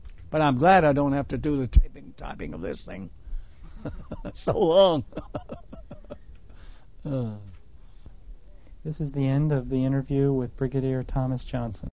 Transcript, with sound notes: But I'm glad I don't have to do the typing of this thing. ( he laughs )
This is the end of the interview with Brigadier Thomas Johnson.